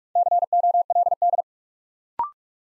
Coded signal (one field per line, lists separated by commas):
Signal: Morse code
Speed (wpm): 44 wpm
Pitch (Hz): 700 Hz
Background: none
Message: COLD